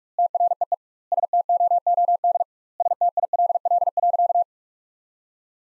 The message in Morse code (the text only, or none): TREE STOOD STILL.